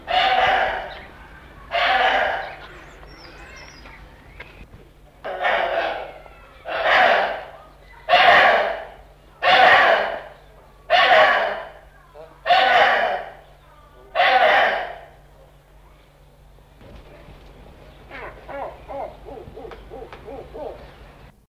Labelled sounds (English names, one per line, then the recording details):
Rufous Hornbill call
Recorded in captivity
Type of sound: call
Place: Zoo London, England, GB
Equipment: Halbspur, 9,5 cm/s
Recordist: Lütgens, Hans
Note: Rufe